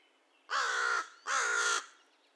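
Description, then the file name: American crow giving a pair of rough, raspy caws in quick succession, each lasting roughly half a second, with little else audible. Recorded 2 May 2020. "2020-05-02 American Crow cawcawsandonecaw"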